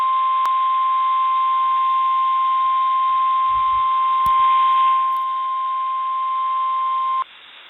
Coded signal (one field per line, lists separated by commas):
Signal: Emergency Alert System (SAME) tones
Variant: 1050 Hz attention tone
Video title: EAS #56: Severe Thunderstorm Warning